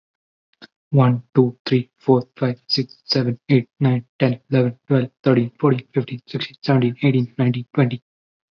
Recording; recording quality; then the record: counting at a fast pace; excellent, no background noise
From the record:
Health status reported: healthy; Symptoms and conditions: none ticked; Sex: male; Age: 22 years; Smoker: not ticked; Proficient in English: yes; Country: India